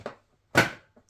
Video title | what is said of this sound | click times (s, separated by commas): babylo Racing Car Walker Assembly | clicks and do all sides | 0.6 s